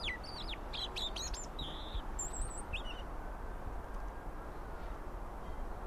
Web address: SETE data Erithacus rubecula